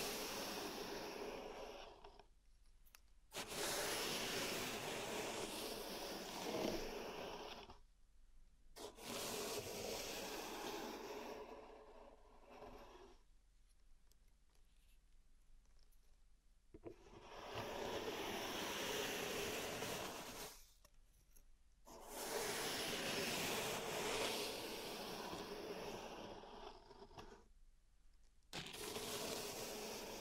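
Pink salt is raked and scraped in a zen garden tray, making bursts of gritty, hissing rubs that run for a few seconds at a time. Short silent pauses separate the strokes, and a softer, quieter stretch of scraping falls around the middle.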